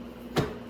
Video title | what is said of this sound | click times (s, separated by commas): How to Replace the Gas Tank on the Venom x22GT 250cc Automatic Motorcycle - Venom Motorsports | slide it forward until it pops into place and you'll know it pops into place when these fairings fold | 0.4 s